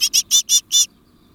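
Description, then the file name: Great tit giving one quick run of five harsh, rasping churr notes, the last slightly longer, then quiet. "Parus major"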